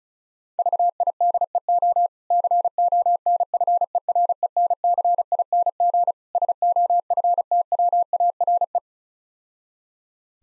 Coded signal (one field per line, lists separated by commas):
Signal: Morse code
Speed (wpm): 35 wpm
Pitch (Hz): 700 Hz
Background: none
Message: VIDEO CONFERENCING SOFTWARE